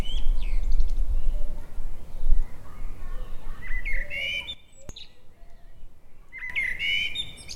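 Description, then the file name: Common blackbird song: rich warbled phrases rising into high twitters, heard at the start and twice later, the last two separated by an abrupt quiet gap, low rumble underneath. "Turdus merula"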